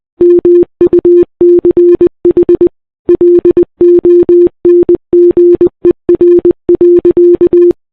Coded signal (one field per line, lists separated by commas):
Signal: Morse code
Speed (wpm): 20 wpm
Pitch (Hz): 350 Hz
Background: none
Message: MUCH LONGER.